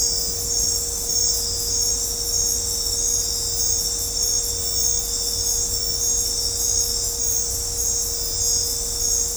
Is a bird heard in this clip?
no